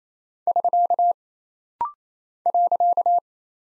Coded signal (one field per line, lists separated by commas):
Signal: Morse code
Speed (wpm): 28 wpm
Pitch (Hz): 700 Hz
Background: none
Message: <SK> .